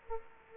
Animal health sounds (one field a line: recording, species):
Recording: mosquito wingbeat signal from an infrared sensor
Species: Culex quinquefasciatus